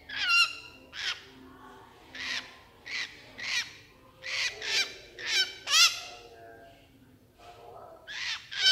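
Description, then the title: Horsfield's bush lark song in separate bursts: harsh, rasping phrases with ringing overtones, with short quiet gaps between them. Branjangan singing energetically and continuously (gacor), used to train songbirds (masteran). "MASTERAN AMPUH KICAUAN BRANJANGAN SUPER GACOR"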